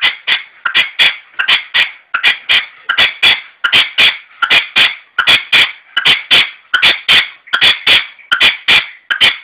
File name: perdiz roja-sonido